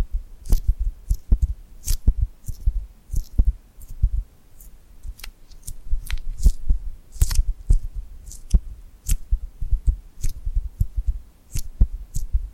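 Sticky, tingly hand sounds: skin pulls away from glue in quick crackling peels and soft low thumps. The bursts come irregularly, about two per second, some sharp and bright, others dull and muffled, over a quiet background for the full thirteen seconds.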